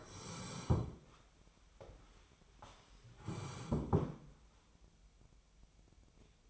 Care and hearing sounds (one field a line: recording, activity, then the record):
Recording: daily activity, microphone in the room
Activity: sit down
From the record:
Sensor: 1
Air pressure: 1015.2 hPa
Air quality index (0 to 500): 189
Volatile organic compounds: 19 ppm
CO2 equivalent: 2644 ppm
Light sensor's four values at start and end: 12/29/12/13 and 12/30/12/13